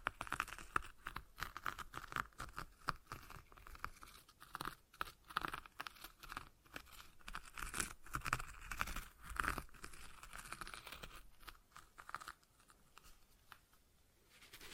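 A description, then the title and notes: A stress ball is squeezed and worked in the hands, giving dense crinkling, crunching and squishing sounds in quick, irregular bursts. The activity runs almost continuously, with brief pauses near 6 seconds and after 12 seconds, and thins out toward the end. ASMR Relaxing Stress Ball Sounds (No Talking).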